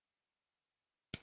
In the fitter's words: have a locking plate which comes along the bottom slides in locks